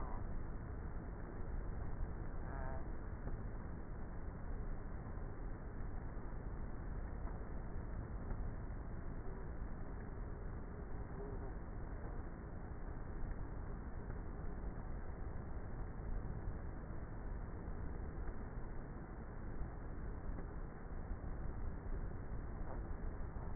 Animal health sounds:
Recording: honeybee colony, microphone inside the hive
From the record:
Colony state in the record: queenless with a low population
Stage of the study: before two queens were removed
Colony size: about 30,000 bees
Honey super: no

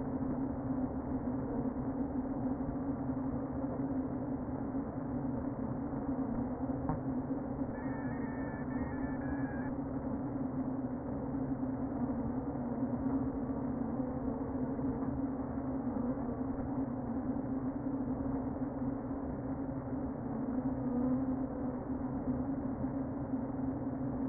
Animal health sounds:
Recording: honeybee colony, microphone inside the hive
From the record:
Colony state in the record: queen present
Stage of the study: before two queens were removed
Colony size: about 60,000 bees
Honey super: yes

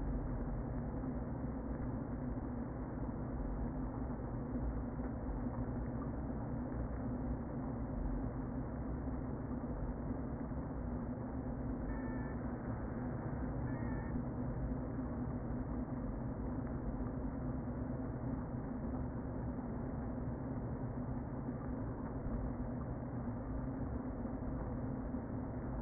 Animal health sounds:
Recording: honeybee colony, microphone inside the hive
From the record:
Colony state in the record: queen present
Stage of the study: before two queens were removed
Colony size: about 60,000 bees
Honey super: yes

